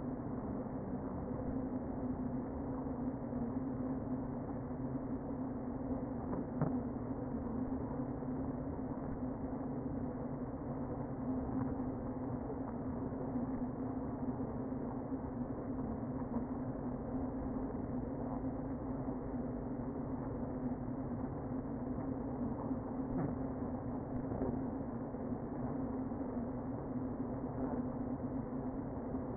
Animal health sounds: honeybee colony, microphone inside the hive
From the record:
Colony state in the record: queen present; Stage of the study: before two queens were removed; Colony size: about 60,000 bees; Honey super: yes

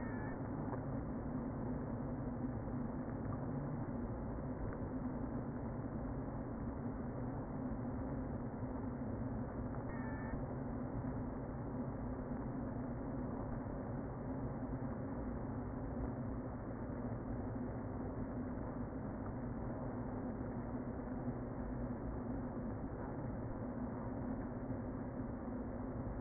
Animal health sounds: honeybee colony, microphone inside the hive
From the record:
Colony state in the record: queen present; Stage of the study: before two queens were removed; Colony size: about 60,000 bees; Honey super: yes

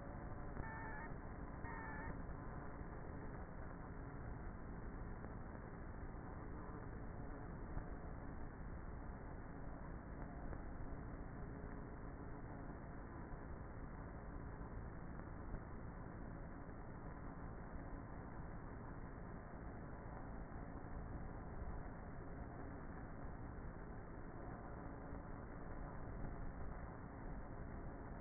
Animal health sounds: honeybee colony, microphone inside the hive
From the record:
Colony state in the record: queenless with a low population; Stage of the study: before two queens were removed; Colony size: about 30,000 bees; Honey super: no

